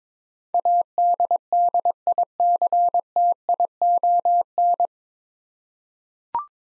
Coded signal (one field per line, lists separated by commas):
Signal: Morse code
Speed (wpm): 21 wpm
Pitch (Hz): 700 Hz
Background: none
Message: ADDICTION